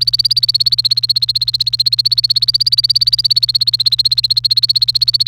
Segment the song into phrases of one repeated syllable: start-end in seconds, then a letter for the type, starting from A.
0.00-5.27 A